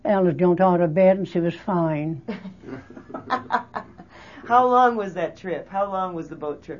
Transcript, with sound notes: Alice jumped out of bed and she was fine. (all laugh)
How long was that trip? How long was the boat trip?